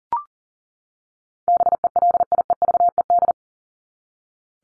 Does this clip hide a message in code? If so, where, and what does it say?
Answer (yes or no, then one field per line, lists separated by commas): yes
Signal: Morse code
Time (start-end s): 1.5-3.3 s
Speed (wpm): 40 wpm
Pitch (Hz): 700 Hz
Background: none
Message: BELIEVED